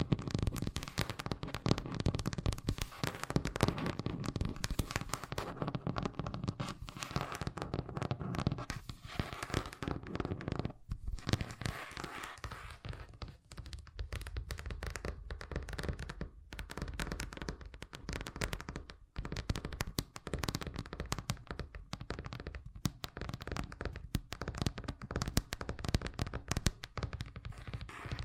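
Fast tapping runs throughout, a dense stream of quick, sharp clicks with almost no gaps. The taps come irregularly but constantly, with a few brief pauses near 11 and 19 seconds, and a low rumble sits underneath the crackly rattle.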